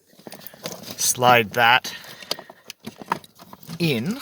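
A wiring harness connector for a transfer case lock switch is handled and slid toward its mating socket on the truck while someone talks, with scattered short plastic clicks and taps throughout, the sharpest around 2.3 s and 3.1 s. The clip ends before the connector goes home, so nothing has seated or snapped into place yet.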